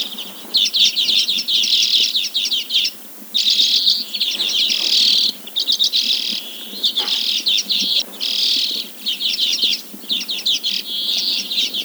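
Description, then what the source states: Arctic redpoll, steady series of dry rattling chatters and buzzy trills in bursts, with brief gaps between them. Greenland.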